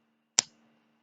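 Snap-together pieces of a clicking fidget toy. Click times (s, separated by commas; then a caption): 0.4 s. Snap-together pieces of a clicking fidget toy are pulled apart, giving one loud, sharp pop at 0.4 s that quickly fades. A faint low hum continues underneath, and the toy's pieces come free.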